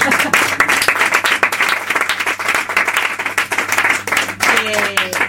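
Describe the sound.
An audience at a poetry recital in a small bookshop applauds steadily, many hands clapping in a dense, continuous patter of sharp claps, with a brief voice or whistle-like tone rising near the end and a low steady hum underneath.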